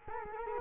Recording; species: mosquito wingbeat signal from an infrared sensor; Culex quinquefasciatus